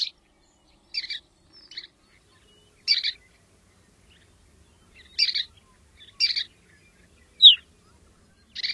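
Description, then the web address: Chestnut-collared longspur calls: short high chirps and doubled notes in irregular bursts, one sharp slurred note near the end, otherwise quiet. "Songs of Birds of North America Stokes. Chestnut-collared Longspur"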